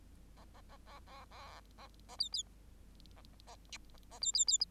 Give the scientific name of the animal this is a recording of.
Lonchura striata domestica